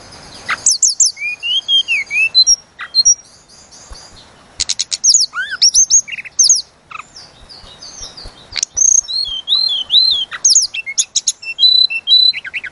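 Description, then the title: Sunda robin song: varied high whistled phrases, sweeping slurs and chattering trills, broken by a quieter stretch before singing resumes energetically. Lure recording of Sunda robin used to provoke birds into excited singing and make them deliver their full learned repertoire. "Pancingan Tledekan Gunung Agar Emosi Bongkar Isian"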